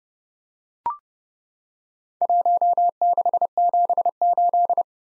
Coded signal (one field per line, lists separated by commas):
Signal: Morse code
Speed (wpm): 30 wpm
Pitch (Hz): 700 Hz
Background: none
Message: 1678